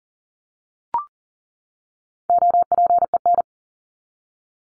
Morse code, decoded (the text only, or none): OPEN